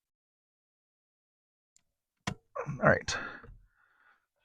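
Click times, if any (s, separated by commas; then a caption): 2.3 s. A brake light switch on a Ford Fusion is forced into its mount on the brake pedal bracket and turned counterclockwise until it locks. A sharp click sounds at 2.3 s, followed by someone talking. The switch is seated firmly in the bracket.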